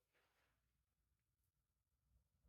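A twist-lock flex module connector is lined up by its red dots on the camera body and rotated toward its locking position. Only faint handling noise and low rumble are heard, with no distinct transients. Nothing has seated or clicked yet.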